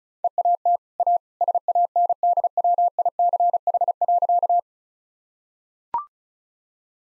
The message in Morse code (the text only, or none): EAT A SANDWICH.